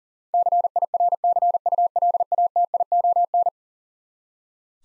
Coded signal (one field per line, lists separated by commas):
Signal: Morse code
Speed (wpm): 40 wpm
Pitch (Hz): 700 Hz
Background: none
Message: CIRCULATION